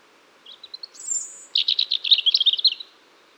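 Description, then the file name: European robin singing one phrase: soft rising notes, a drawn-out high whistle, then a fast run of bright, trilled and warbling notes. "Erithacus rubecula"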